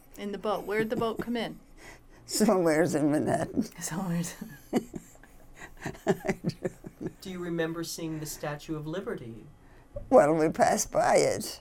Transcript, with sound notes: In the boat, where did the boat come in?
(laughing) Somewheres in Manhattan.
Somewheres. (they laugh)
Do you remember seeing the Statue of Liberty?
Well, we passed by it.